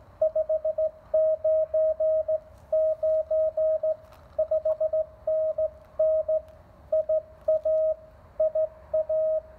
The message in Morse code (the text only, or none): 599 5NN IA IA